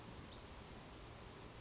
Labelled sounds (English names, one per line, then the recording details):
Western Flycatcher
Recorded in Sonoma County, California